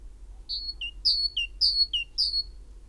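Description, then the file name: Great tit song: high drawn whistle then a lower clipped note, the pair repeated three times and ending on a high whistle. "Parus major"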